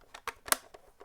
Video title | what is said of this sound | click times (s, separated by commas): First Ever Star Wars Black Series Action Figures #UnboxingLive | There you go. Clip, you heard it click. | 0.5 s